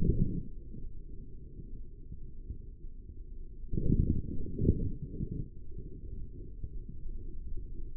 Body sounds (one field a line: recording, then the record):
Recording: forearm muscle sounds (acoustic myography)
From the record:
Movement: forearm supination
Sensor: system 3, bracelet of six PUI Audio POM-2738L microphones around the upper forearm, with dedicated amplification and filtering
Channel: 5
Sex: male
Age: 43 years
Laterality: right